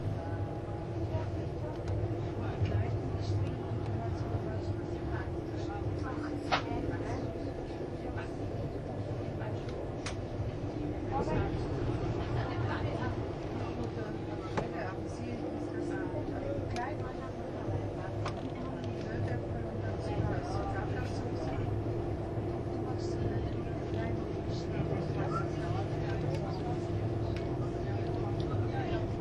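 Running sound from inside a Swiss RABDe 500 ICN tilting train on the Gotthard line: a steady, dense low rumble and hum that holds at an even level throughout. Voices murmur on and off over it, with occasional brief clicks and rattles.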